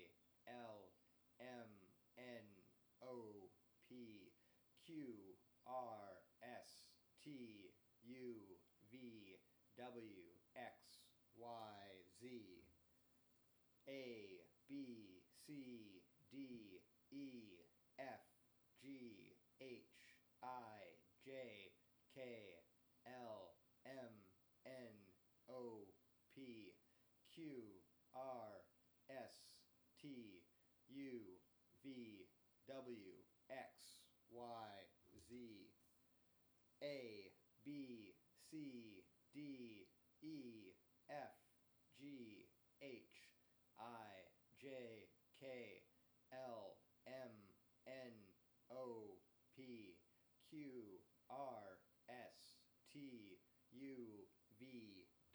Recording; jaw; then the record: letters of the alphabet, spoken; free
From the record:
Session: first day, before the bite bar